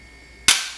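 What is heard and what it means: A blind rivet holding the radiator fan bracket on a KTM motorcycle radiator is set with a hand rivet gun. After a quiet stretch, the mandrel snaps off with one sharp crack at 0.5 s that decays over the next few tenths of a second, showing the rivet is fully set.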